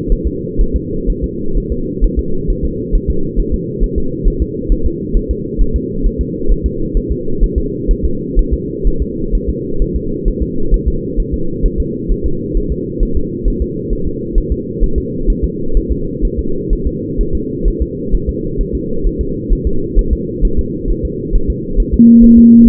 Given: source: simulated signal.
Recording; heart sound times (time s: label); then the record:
fetal heart sounds
0.12 s: S1
0.27 s: S2
0.61 s: S1
0.76 s: S2
1.10 s: S1
1.24 s: S2
1.57 s: S1
1.72 s: S2
2.04 s: S1
2.19 s: S2
2.50 s: S1
2.65 s: S2
2.95 s: S1
3.10 s: S2
3.40 s: S1
3.54 s: S2
3.84 s: S1
3.98 s: S2
4.28 s: S1
4.42 s: S2
4.72 s: S1
4.86 s: S2
5.17 s: S1
5.31 s: S2
5.61 s: S1
5.76 s: S2
6.06 s: S1
6.21 s: S2
6.51 s: S1
6.66 s: S2
6.97 s: S1
7.11 s: S2
7.44 s: S1
7.58 s: S2
7.91 s: S1
8.05 s: S2
8.39 s: S1
8.53 s: S2
8.87 s: S1
9.02 s: S2
9.35 s: S1
9.49 s: S2
9.82 s: S1
9.96 s: S2
10.28 s: S1
10.42 s: S2
10.74 s: S1
10.88 s: S2
11.20 s: S1
11.34 s: S2
11.66 s: S1
11.80 s: S2
12.12 s: S1
12.26 s: S2
12.57 s: S1
12.72 s: S2
13.03 s: S1
13.17 s: S2
13.48 s: S1
13.62 s: S2
13.93 s: S1
14.07 s: S2
14.38 s: S1
14.52 s: S2
14.83 s: S1
14.98 s: S2
15.30 s: S1
15.44 s: S2
15.77 s: S1
15.91 s: S2
16.25 s: S1
16.39 s: S2
16.73 s: S1
16.87 s: S2
17.21 s: S1
17.35 s: S2
17.68 s: S1
17.82 s: S2
18.14 s: S1
18.29 s: S2
18.61 s: S1
18.75 s: S2
19.06 s: S1
19.21 s: S2
19.52 s: S1
19.67 s: S2
19.99 s: S1
20.13 s: S2
20.45 s: S1
20.59 s: S2
20.90 s: S1
21.05 s: S2
21.35 s: S1
21.50 s: S2
21.80 s: S1
21.94 s: S2
22.24 s: S1
22.38 s: S2
22.68 s: S1
From the record:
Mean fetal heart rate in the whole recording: 130 bpm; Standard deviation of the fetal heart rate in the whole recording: 4 bpm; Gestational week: 38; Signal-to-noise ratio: -8.1 dB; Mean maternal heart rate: 72 bpm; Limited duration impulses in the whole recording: present